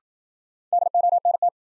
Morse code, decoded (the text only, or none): DONT